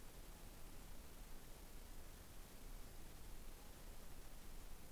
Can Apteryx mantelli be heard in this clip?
no